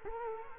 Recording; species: mosquito wingbeat signal from an infrared sensor; Culex quinquefasciatus